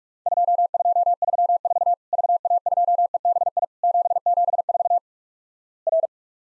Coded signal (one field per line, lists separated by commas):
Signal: Morse code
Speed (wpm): 46 wpm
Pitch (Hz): 700 Hz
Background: none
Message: 2234 VA2EBI 774 R